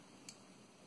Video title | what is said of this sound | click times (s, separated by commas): The Impossible Puzzle Made Possible By FDM Printing | listen there go clicks back in place everything is locked back in place | 0.3 s